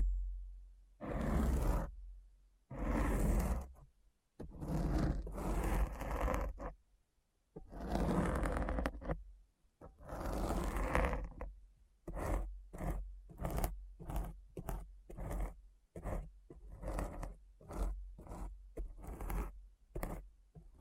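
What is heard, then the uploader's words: Deep, rough scratching sounds come in bursts, with a steady low rumble underneath. The first ten seconds hold long, dense scrapes separated by short silences. After about twelve seconds the strokes turn short and rapid, repeating at a quick, fairly regular pace to the end. ASMR Deep Brain Scratch (No Talking).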